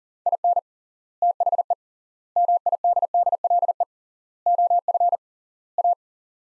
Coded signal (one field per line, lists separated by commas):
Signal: Morse code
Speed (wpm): 37 wpm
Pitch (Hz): 700 Hz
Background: none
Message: IN THE MIDDLE OF A